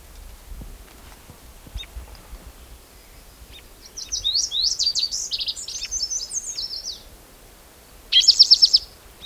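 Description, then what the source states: Spotted Towhee song: a brief buzzy trill near the end. Spotted Towhee, individual number 6, recorded 17 June 2010 along a creek road in Elmore County, Idaho; each song counted aloud.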